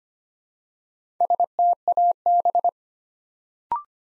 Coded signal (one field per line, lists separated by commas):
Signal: Morse code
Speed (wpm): 25 wpm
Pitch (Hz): 700 Hz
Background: none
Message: STAB